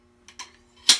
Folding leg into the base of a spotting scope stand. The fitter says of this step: open the legs since they're spring-loaded just pull them down and they snap into place and you're